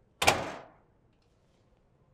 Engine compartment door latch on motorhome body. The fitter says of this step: and you'll hear it latch here